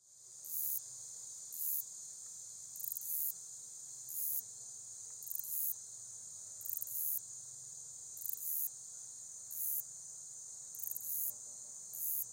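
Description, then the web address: Woodland meadow katydid singing a steady high-pitched buzz broken by many louder bursts throughout. "The Songs of Insects. Woodland Meadow Katydid"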